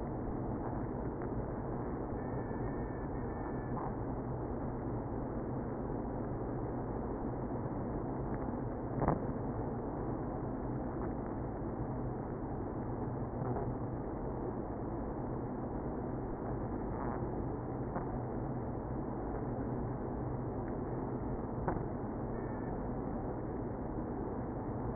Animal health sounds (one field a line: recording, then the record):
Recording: honeybee colony, microphone inside the hive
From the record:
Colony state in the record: queenless (queen removed)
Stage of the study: after two queens were removed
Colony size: about 60,000 bees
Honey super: yes